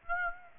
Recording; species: mosquito wingbeat signal from an infrared sensor; Aedes aegypti